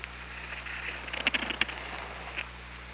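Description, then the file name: Killer whale clicks in quick pulsed bursts, a dense run in the middle and a short burst near the end, above constant low hum. OrcaLab hydrophone at Parson Island, 24 August 2017, 21:32. "Orca Lab JASON 20170824 213241 PI"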